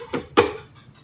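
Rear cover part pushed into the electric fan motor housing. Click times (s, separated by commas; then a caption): 0.1 s. The top part of an electric fan's rear cover assembly, at its single shaft, is pushed into the fan motor housing, and a sharp click sounds at 0.1 s. A louder impact follows near 0.4 s and then decays, and the part is locked in place.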